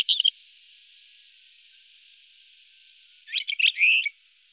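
White-crowned wheatear with a brief chirp at the start, then a rapid cluster of twittering notes ending in a slurred whistle, over a faint hiss.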